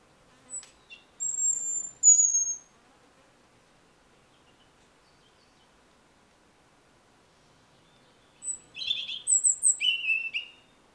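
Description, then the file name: European robin: a few thin, high whistles near the start, a long silence, then a quick burst of tinkling, trilled notes. "Erithacus rubecula"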